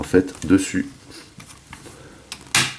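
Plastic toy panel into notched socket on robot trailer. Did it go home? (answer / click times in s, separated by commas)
yes / 2.5 s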